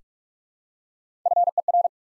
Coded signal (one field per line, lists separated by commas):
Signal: Morse code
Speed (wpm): 48 wpm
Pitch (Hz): 700 Hz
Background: none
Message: FER